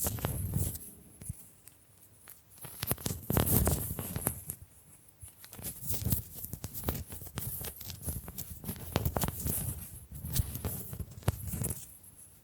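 Bamboo is tapped, scratched and brushed in a busy, irregular patter of sharp clicks and dry rustling. Quick taps come in clusters, with louder bursts near three to four seconds and again around ten to eleven seconds, over a soft, continuous scraping hiss.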